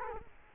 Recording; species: mosquito wingbeat signal from an infrared sensor; Culex quinquefasciatus